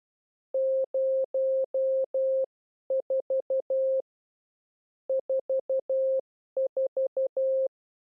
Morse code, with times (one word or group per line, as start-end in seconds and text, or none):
0.5-4.0 04
5.1-7.7 44